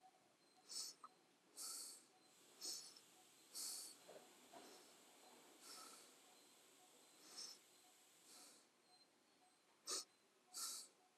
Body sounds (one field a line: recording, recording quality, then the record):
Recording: shallow breathing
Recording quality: excellent, no background noise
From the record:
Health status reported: healthy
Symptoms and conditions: diabetes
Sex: male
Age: 42 years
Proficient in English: yes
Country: India